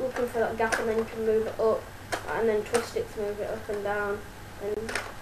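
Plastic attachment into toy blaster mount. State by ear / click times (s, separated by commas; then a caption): seated / 4.9 s, 5.0 s. Someone talks while sliding a plastic attachment on a foam dart blaster into a gap on its mount, moving it up and down, and then twisting it. A short plastic click sounds at 4.9 s and again at 5.0 s as the attachment twist-locks into place.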